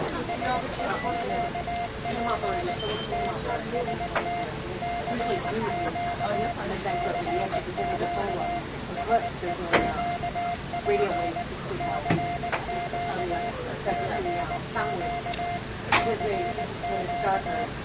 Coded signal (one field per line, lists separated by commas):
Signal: Morse code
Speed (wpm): 19 wpm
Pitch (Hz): 700 Hz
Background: speech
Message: SEQP TEST CQ CQ SEQP CQ CQ CQ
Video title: W1HP Amateur Radio Solar Eclipse Reverse Beacon Network Exercise - August 21, 2017